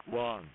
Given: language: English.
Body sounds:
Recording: throat vibration sensor signal played as sound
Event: speech

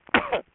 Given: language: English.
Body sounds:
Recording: throat vibration sensor signal played as sound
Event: cough

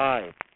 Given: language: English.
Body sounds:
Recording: throat vibration sensor signal played as sound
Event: speech

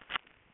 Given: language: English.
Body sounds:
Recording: throat vibration sensor signal played as sound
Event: cough

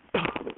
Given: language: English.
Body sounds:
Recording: throat vibration sensor signal played as sound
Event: cough

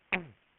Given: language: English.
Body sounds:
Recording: throat vibration sensor signal played as sound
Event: throat clearing

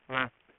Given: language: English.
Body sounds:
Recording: throat vibration sensor signal played as sound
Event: speech

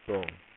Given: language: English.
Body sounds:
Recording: throat vibration sensor signal played as sound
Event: speech

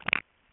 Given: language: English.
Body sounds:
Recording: throat vibration sensor signal played as sound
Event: swallow

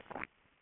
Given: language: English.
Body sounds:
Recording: throat vibration sensor signal played as sound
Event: swallow

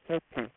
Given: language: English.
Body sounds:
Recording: throat vibration sensor signal played as sound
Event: speech

